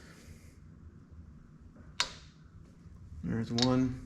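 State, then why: Torque reached. A click-type torque wrench tightens a bolt, probably a cylinder head bolt, on the engine of a John Deere STX38. After low background noise and a faint clatter, the wrench gives one sharp click at 2.0 s as it reaches its torque setting. Someone talks right after.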